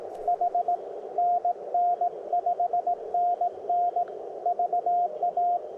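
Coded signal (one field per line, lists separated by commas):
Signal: Morse code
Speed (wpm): 18 wpm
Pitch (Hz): 700 Hz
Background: radio noise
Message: H NN 5NN VA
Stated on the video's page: POTA activation making CW contacts on 17 meters with a magmount vertical and Elecraft K2.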